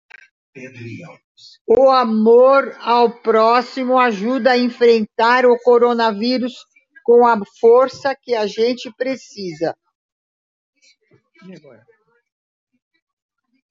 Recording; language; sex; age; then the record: spoken sentence; Brazilian Portuguese; female; 70 to 79 years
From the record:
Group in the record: control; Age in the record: 76 years